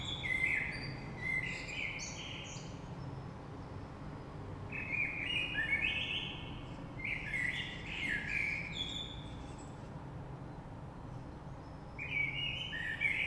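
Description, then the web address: Common blackbird's song of varied fluted phrases with high squeaky trills, sung in bursts with short gaps, over a constant low rumble. Recorded 3 March 2020. "oiseaux Rush Merle 3-3-2020"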